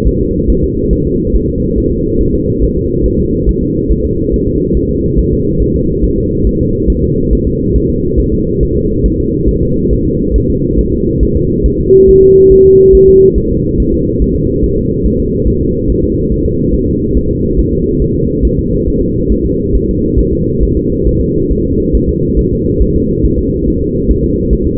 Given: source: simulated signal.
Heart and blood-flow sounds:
fetal heart sounds
0.07 s: S1
0.21 s: S2
0.50 s: S1
0.64 s: S2
0.93 s: S1
1.07 s: S2
1.36 s: S1
1.49 s: S2
1.78 s: S1
1.92 s: S2
2.21 s: S1
2.35 s: S2
2.63 s: S1
2.77 s: S2
3.06 s: S1
3.20 s: S2
3.49 s: S1
3.63 s: S2
3.92 s: S1
4.05 s: S2
4.34 s: S1
4.48 s: S2
4.77 s: S1
4.91 s: S2
5.19 s: S1
5.33 s: S2
5.62 s: S1
5.76 s: S2
6.04 s: S1
6.18 s: S2
6.47 s: S1
6.61 s: S2
6.90 s: S1
7.04 s: S2
7.33 s: S1
7.47 s: S2
7.76 s: S1
7.90 s: S2
8.20 s: S1
8.33 s: S2
8.63 s: S1
8.77 s: S2
9.06 s: S1
9.20 s: S2
9.49 s: S1
9.63 s: S2
9.93 s: S1
10.06 s: S2
10.36 s: S1
10.50 s: S2
10.79 s: S1
10.93 s: S2
11.23 s: S1
11.37 s: S2
11.66 s: S1
11.80 s: S2
12.09 s: S1
12.23 s: S2
12.52 s: S1
12.66 s: S2
12.95 s: S1
13.09 s: S2
13.38 s: S1
13.52 s: S2
13.80 s: S1
13.94 s: S2
14.22 s: S1
14.36 s: S2
14.64 s: S1
14.78 s: S2
15.06 s: S1
15.20 s: S2
15.48 s: S1
15.62 s: S2
15.90 s: S1
16.04 s: S2
16.32 s: S1
16.46 s: S2
16.74 s: S1
16.88 s: S2
17.17 s: S1
17.31 s: S2
17.59 s: S1
17.73 s: S2
18.02 s: S1
18.16 s: S2
18.45 s: S1
18.59 s: S2
18.88 s: S1
19.02 s: S2
19.32 s: S1
19.46 s: S2
19.75 s: S1
19.89 s: S2
20.19 s: S1
20.33 s: S2
20.63 s: S1
20.77 s: S2
21.07 s: S1
21.21 s: S2
21.51 s: S1
21.65 s: S2
21.95 s: S1
22.09 s: S2
22.39 s: S1
22.53 s: S2
22.82 s: S1
22.96 s: S2
23.25 s: S1
23.39 s: S2
23.68 s: S1
23.82 s: S2
24.10 s: S1
24.24 s: S2
24.53 s: S1
24.67 s: S2
From the record:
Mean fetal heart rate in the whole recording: 140 bpm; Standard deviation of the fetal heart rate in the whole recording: 2 bpm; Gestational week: 34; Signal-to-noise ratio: -10.2 dB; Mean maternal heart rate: 72 bpm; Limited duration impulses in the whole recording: present

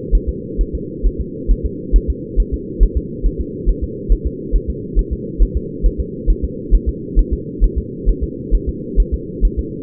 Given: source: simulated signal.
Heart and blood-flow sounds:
fetal heart sounds
0.15 s: S1
0.29 s: S2
0.61 s: S1
0.75 s: S2
1.06 s: S1
1.21 s: S2
1.51 s: S1
1.66 s: S2
1.96 s: S1
2.10 s: S2
2.40 s: S1
2.54 s: S2
2.83 s: S1
2.97 s: S2
3.26 s: S1
3.41 s: S2
3.69 s: S1
3.84 s: S2
4.12 s: S1
4.26 s: S2
4.56 s: S1
4.70 s: S2
4.99 s: S1
5.13 s: S2
5.43 s: S1
5.57 s: S2
5.86 s: S1
6.00 s: S2
6.30 s: S1
6.44 s: S2
6.75 s: S1
6.89 s: S2
7.19 s: S1
7.33 s: S2
7.64 s: S1
7.78 s: S2
8.09 s: S1
8.23 s: S2
8.55 s: S1
8.69 s: S2
9.00 s: S1
9.14 s: S2
9.45 s: S1
9.59 s: S2
From the record:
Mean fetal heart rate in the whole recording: 135 bpm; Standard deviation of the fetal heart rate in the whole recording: 3 bpm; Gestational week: 36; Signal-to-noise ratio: -4.1 dB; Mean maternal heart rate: no maternal heart sound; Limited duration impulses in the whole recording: absent

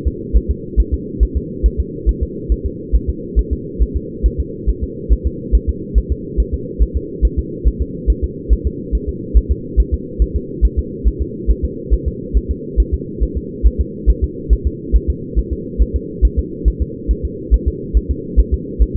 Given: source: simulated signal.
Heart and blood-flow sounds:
fetal heart sounds
0.07 s: S2
0.37 s: S1
0.51 s: S2
0.80 s: S1
0.94 s: S2
1.23 s: S1
1.37 s: S2
1.66 s: S1
1.80 s: S2
2.09 s: S1
2.23 s: S2
2.52 s: S1
2.66 s: S2
2.95 s: S1
3.09 s: S2
3.39 s: S1
3.53 s: S2
3.82 s: S1
3.97 s: S2
4.26 s: S1
4.40 s: S2
4.69 s: S1
4.84 s: S2
5.12 s: S1
5.27 s: S2
5.55 s: S1
5.69 s: S2
5.98 s: S1
6.12 s: S2
6.40 s: S1
6.54 s: S2
6.82 s: S1
6.97 s: S2
7.25 s: S1
7.39 s: S2
7.67 s: S1
7.82 s: S2
8.10 s: S1
8.24 s: S2
8.53 s: S1
8.67 s: S2
8.95 s: S1
9.09 s: S2
9.37 s: S1
9.51 s: S2
9.80 s: S1
9.94 s: S2
10.22 s: S1
10.36 s: S2
10.65 s: S1
10.79 s: S2
11.08 s: S1
11.22 s: S2
11.50 s: S1
11.65 s: S2
11.94 s: S1
12.08 s: S2
12.37 s: S1
12.51 s: S2
12.80 s: S1
12.94 s: S2
13.23 s: S1
13.37 s: S2
13.66 s: S1
13.81 s: S2
14.10 s: S1
14.24 s: S2
14.53 s: S1
14.67 s: S2
14.96 s: S1
15.10 s: S2
15.39 s: S1
15.53 s: S2
15.82 s: S1
15.96 s: S2
16.25 s: S1
16.39 s: S2
16.68 s: S1
16.82 s: S2
17.11 s: S1
17.25 s: S2
17.54 s: S1
17.68 s: S2
17.97 s: S1
18.11 s: S2
18.40 s: S1
18.54 s: S2
18.82 s: S1
18.96 s: S2
From the record:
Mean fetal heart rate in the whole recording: 140 bpm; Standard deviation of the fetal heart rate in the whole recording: 2 bpm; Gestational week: 34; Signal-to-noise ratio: -4.1 dB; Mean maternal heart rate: no maternal heart sound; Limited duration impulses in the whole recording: absent

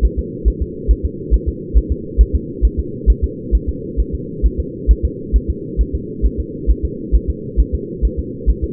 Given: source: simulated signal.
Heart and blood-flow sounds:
fetal heart sounds
0.05 s: S1
0.19 s: S2
0.48 s: S1
0.62 s: S2
0.91 s: S1
1.05 s: S2
1.34 s: S1
1.49 s: S2
1.78 s: S1
1.92 s: S2
2.21 s: S1
2.35 s: S2
2.65 s: S1
2.79 s: S2
3.10 s: S1
3.24 s: S2
3.55 s: S1
3.69 s: S2
4.00 s: S1
4.15 s: S2
4.46 s: S1
4.60 s: S2
4.91 s: S1
5.05 s: S2
5.36 s: S1
5.50 s: S2
5.81 s: S1
5.95 s: S2
6.26 s: S1
6.40 s: S2
6.71 s: S1
6.85 s: S2
7.15 s: S1
7.30 s: S2
7.60 s: S1
7.75 s: S2
8.05 s: S1
8.19 s: S2
8.50 s: S1
8.64 s: S2
From the record:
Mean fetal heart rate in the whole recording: 135 bpm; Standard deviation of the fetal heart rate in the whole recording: 3 bpm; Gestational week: 34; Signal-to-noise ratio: -4.1 dB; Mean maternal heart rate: no maternal heart sound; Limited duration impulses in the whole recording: absent

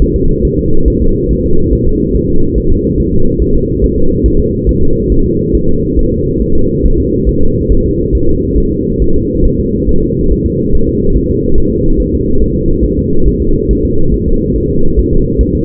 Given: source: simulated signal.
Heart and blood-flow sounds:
fetal heart sounds
0.02 s: S1
0.16 s: S2
0.45 s: S1
0.59 s: S2
0.88 s: S1
1.02 s: S2
1.31 s: S1
1.45 s: S2
1.73 s: S1
1.87 s: S2
2.16 s: S1
2.30 s: S2
2.58 s: S1
2.72 s: S2
3.00 s: S1
3.14 s: S2
3.42 s: S1
3.56 s: S2
3.84 s: S1
3.98 s: S2
4.26 s: S1
4.40 s: S2
4.69 s: S1
4.83 s: S2
5.12 s: S1
5.26 s: S2
5.55 s: S1
5.69 s: S2
5.99 s: S1
6.13 s: S2
6.42 s: S1
6.56 s: S2
6.86 s: S1
7.00 s: S2
7.29 s: S1
7.43 s: S2
7.72 s: S1
7.86 s: S2
8.15 s: S1
8.29 s: S2
8.58 s: S1
8.72 s: S2
9.02 s: S1
9.16 s: S2
9.46 s: S1
9.60 s: S2
9.89 s: S1
10.03 s: S2
10.32 s: S1
10.46 s: S2
10.75 s: S1
10.89 s: S2
11.17 s: S1
11.31 s: S2
11.58 s: S1
11.72 s: S2
12.00 s: S1
12.14 s: S2
12.42 s: S1
12.56 s: S2
12.84 s: S1
12.99 s: S2
13.28 s: S1
13.42 s: S2
13.71 s: S1
13.85 s: S2
14.14 s: S1
14.28 s: S2
14.56 s: S1
14.70 s: S2
14.99 s: S1
15.13 s: S2
15.41 s: S1
15.55 s: S2
From the record:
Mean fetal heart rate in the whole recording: 140 bpm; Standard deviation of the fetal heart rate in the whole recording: 2 bpm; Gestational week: 34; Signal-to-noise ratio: -19.1 dB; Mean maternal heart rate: 72 bpm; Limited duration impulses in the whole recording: present

